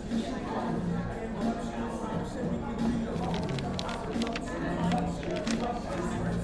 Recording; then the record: background sound without coughing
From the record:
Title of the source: 60 minutes of coffee shop sounds for study and concentration